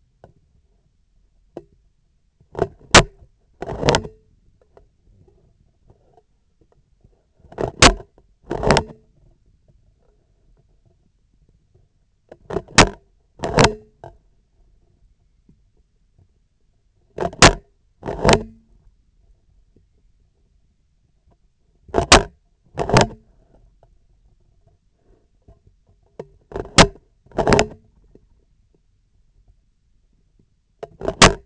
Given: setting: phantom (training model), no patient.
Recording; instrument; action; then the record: laparoscopic instrument, vibration sensor on the handle end; scissors; opening and closing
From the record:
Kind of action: tool actuation without material contact